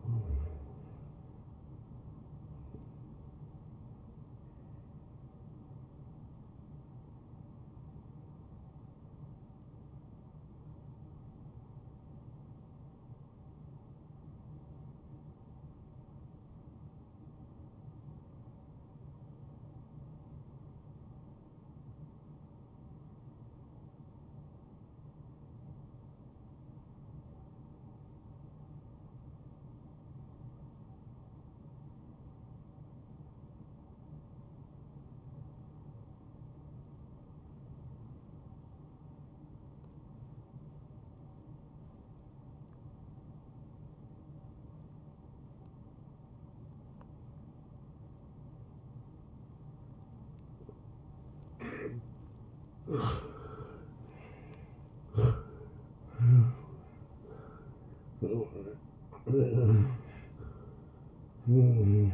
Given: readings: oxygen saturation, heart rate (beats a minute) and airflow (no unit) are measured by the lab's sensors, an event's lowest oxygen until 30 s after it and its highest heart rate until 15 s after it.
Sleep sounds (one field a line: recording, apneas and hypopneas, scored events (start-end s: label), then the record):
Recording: breathing in sleep by a smartphone at the bedside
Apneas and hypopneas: 1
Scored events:
6.00-62.14 s: new sleep stage, N2 (light sleep)
9.00-52.80 s: hypopnea (N2, oxygen 94% highest, then 83% lowest)
From the record:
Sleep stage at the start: N1 (lightest sleep)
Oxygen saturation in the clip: 83 to 94%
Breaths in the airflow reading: 6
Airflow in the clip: -15.3 to 11.5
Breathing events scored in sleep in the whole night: 263 in 5.5 hours asleep